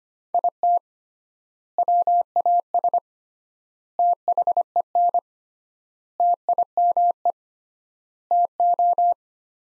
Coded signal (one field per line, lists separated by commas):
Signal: Morse code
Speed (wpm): 25 wpm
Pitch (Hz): 700 Hz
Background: none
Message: IT WAS THEN TIME TO